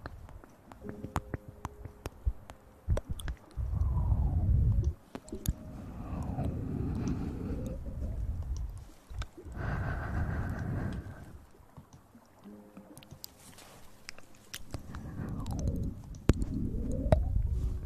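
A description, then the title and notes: Intense mouth sounds: wet, low smacking and squelching swells come in bursts around 3–8, 9–11 and 15–18 seconds, with sweeping tones gliding up and down. Sharp clicks and pops scatter throughout, and quieter gaps sit between the swells. Intense Mouth Sounds.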